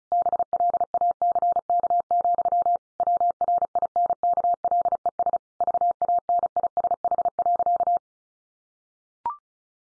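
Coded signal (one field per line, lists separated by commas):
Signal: Morse code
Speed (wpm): 34 wpm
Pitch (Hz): 700 Hz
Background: none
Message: BLACK, WRINKLES VANISH.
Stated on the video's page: Morse head-copy practice at 35 wpm, each sentence followed by spoken text and repeated in Morse.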